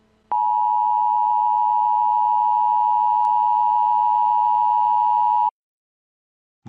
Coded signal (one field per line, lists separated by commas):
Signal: Emergency Alert System (SAME) tones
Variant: 853 and 960 Hz attention tone